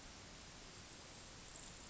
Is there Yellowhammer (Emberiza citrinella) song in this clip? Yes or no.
no